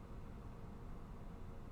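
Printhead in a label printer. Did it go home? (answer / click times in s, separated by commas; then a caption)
no / none. A printhead is inserted at an angle into an Afinia L901 label printer and lined up with its slots, before being tilted back to snap into position. Only a steady low, broadband hum is heard, with no hits or clicks. Nothing has seated or clicked yet.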